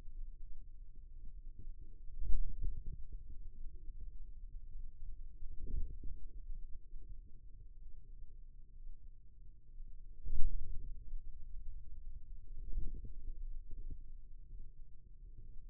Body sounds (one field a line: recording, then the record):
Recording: forearm muscle sounds (acoustic myography)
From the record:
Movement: hand closing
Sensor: system 2, bracelet of six BSWA MPA416 microphones around the upper forearm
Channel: 2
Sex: male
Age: 22 years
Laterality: right